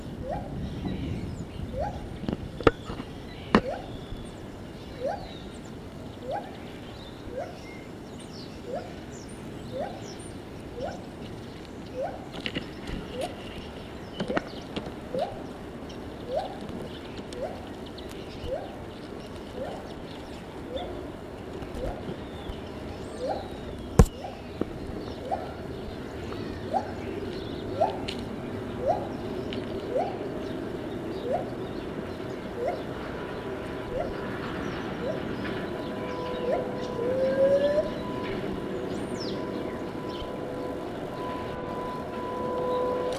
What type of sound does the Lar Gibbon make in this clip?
call